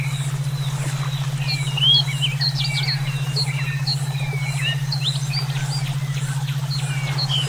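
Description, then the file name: Songbird chirps and quick rising and falling whistles scattered throughout, above a constant low pulsing drone. Brainwave therapy for training songbirds (omkicau). "terapi brainwave omkicau"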